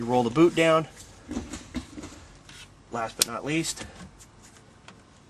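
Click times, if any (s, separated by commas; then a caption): none. Someone talks while handling the last plastic interior trim piece around the shifter boot, straightening it against the center console during reassembly after a short throw shifter install in a B8 A4/A5/S4/S5. Faint handling noises and brief light taps are heard between the speech. Nothing has seated or clicked yet.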